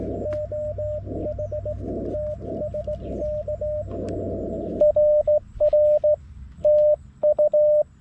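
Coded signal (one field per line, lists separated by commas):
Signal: Morse code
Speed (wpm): 17 wpm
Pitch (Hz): 590 Hz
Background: radio noise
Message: OH TSK RR TU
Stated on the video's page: Slow (QRS) CW sent by hand on a straight key at 14–16 WPM, park activation, G90 transceiver, vertical antenna, 20 W, lower than normal signal reports.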